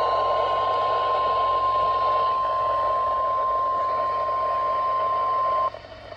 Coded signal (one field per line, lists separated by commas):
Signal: Emergency Alert System (SAME) tones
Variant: 1050 Hz attention tone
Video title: Double Header Severe Thunderstorm Warnings (EAS #1441-1442)